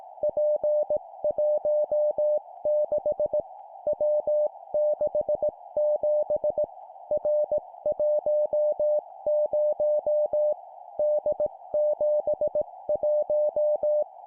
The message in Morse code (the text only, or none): P16 W67 R10 D71